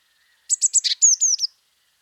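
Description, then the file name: Eurasian blue tit call: quick high notes, a buzzy note dipping lower, then three downward-sliding whistles, one phrase of about one second. "Cyanistes caeruleus"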